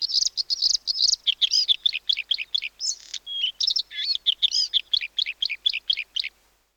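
Bluethroat song: a burst of high notes, then rapid varied phrases including a short steady whistled tone, delivered almost without pause.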